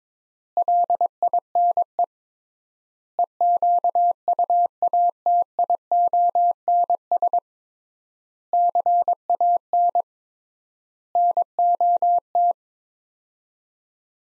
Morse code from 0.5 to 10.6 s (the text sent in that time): LINE EQUATIONS CAN